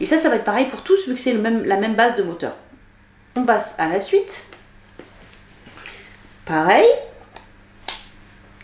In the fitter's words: Clips. Ouais, ça clipse. Ouais, l'autre, il n'a pas clipsé.